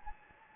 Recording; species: mosquito wingbeat signal from an infrared sensor; Anopheles gambiae